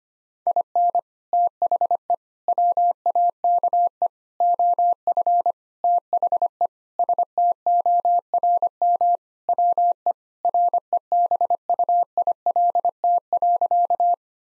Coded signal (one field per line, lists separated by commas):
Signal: Morse code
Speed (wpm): 25 wpm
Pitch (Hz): 700 Hz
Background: none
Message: IN THE WAKE OF THE STORM WE REBUILT.